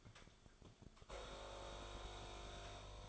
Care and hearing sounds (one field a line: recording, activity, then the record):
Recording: daily activity, microphone in the room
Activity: make coffee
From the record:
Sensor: 5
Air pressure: 1014.8 hPa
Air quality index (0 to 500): 200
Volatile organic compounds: 9 ppm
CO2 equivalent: 2130 ppm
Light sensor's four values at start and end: 17/40/15/14 and 17/40/15/14